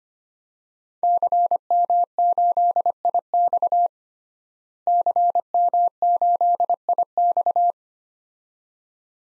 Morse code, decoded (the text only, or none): CM8IX CM8IX